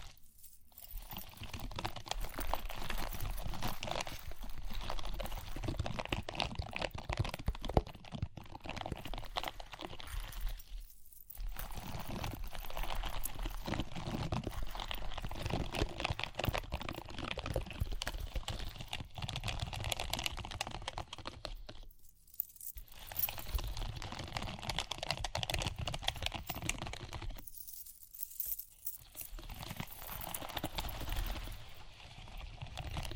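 Dense, busy tapping and scratching fills the clip, with quick crackly strokes and a rustly, gritty texture that keeps shifting. Brief near-silent pauses break it up around 11, 22 and 28 seconds before the activity resumes at the same pace.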